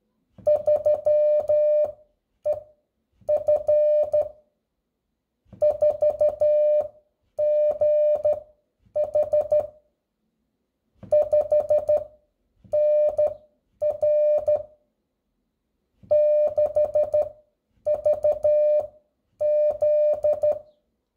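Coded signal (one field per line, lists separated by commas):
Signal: Morse code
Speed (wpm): 12 wpm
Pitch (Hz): 600 Hz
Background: none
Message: 3EF 4GH 5NR 6VZ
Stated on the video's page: Radiotelegraphy: telegraphic signals keyed onto a radio carrier wave.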